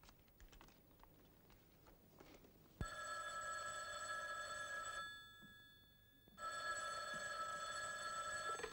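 Keyboard typing clatters briefly before a telephone bell starts ringing in two long, bright, harmonic bursts separated by a short pause; no one speaks.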